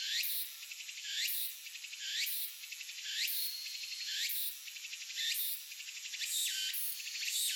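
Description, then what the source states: Walker's cicada song: loud, shrill, buzzy phrases with a rising sweep, pulsing on a steady beat about once a second throughout. Recorded 18 August 2004.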